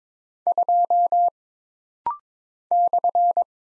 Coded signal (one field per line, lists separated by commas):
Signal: Morse code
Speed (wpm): 22 wpm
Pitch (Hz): 700 Hz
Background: none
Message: 2 /